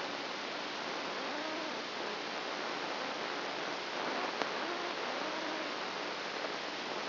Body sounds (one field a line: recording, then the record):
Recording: brain microelectrode recording played as sound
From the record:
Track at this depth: inside the subthalamic nucleus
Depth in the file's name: 1.606 mm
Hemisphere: right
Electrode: 2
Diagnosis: Parkinson's disease